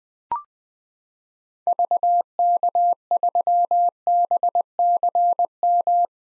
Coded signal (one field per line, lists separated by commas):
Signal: Morse code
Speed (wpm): 21 wpm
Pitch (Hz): 700 Hz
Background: none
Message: VK3BCM